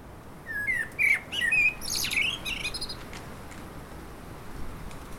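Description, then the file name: Common blackbird song: rich whistled notes in a quick sequence, ending in a high scratchy flourish, then quiet. "Turdus merula"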